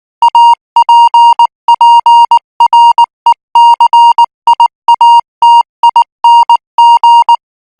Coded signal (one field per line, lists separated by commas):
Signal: Morse code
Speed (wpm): 19 wpm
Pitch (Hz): 940 Hz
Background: music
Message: APPRECIATING